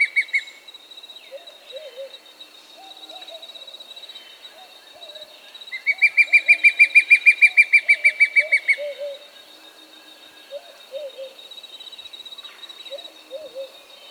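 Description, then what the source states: White-backed fire-eye song: a quick, even run of many clear notes lasting about three seconds, with softer low calls and a steady high drone throughout. Recorded in South America.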